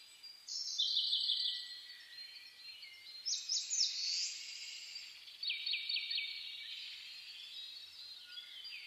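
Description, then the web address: Several birds singing together, rapid high trilled phrases at intervals, with quieter warbling continuing throughout. Dawn chorus (reimei) recorded on 10 May 2010. "sounds data 2010 reimei DH-D 50-saezuri-20100510-0401"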